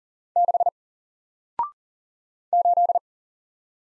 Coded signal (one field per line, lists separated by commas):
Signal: Morse code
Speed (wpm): 38 wpm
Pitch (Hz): 700 Hz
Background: none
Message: 6 8